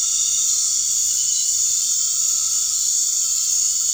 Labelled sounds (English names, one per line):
none